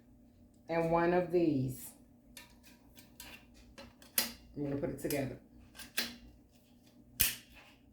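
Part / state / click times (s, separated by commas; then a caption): garment rack frame piece into its connector joint / seated / 7.2 s. Someone talks while assembling a Simple Houseware garment rack with shoe holder, pushing the assembled letter-N frame piece into its metal/plastic connector joint on a connecting rack part, with small knocks and rattles along the way. A sharp click at 7.2 s marks the rack tube joint seating together.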